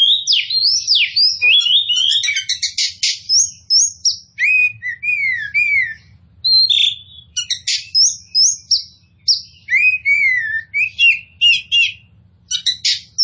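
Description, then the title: Oriental magpie-robin song with loud swooping whistles and dry rattling bursts, varied phrases delivered almost without pause over a soft low hum. Local Indonesian name kacer poci; described as gacor, in full continuous song. "Kacer Poci Gacor"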